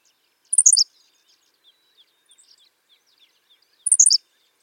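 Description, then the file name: Henslow's sparrow repeating a brief, high, sputtering song roughly every three and a half seconds, with faint soft chirps in between. "Ammodramus henslowii - Henslow's Sparrow"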